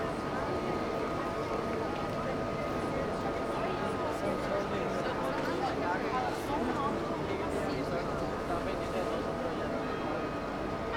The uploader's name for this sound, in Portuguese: Pequeno percurso na Puerta del Sol